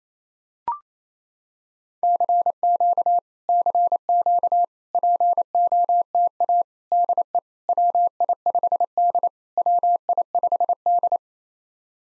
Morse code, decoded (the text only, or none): CQ CQ POTA DE WI5D WI5D